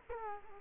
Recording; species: mosquito wingbeat signal from an infrared sensor; Culex quinquefasciatus